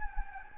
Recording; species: mosquito wingbeat signal from an infrared sensor; Anopheles gambiae